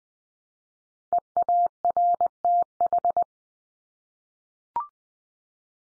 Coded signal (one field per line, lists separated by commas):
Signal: Morse code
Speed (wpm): 20 wpm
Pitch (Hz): 700 Hz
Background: none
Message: EARTH